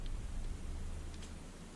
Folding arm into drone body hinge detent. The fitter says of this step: is when you fold out those arms, they kind of snap into place.